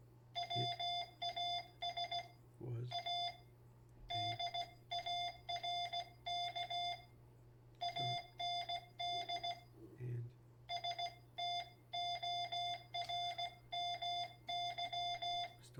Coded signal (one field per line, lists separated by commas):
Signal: Morse code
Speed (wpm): 16 wpm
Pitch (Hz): 700 Hz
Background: none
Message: WAS A DARK AND STORMY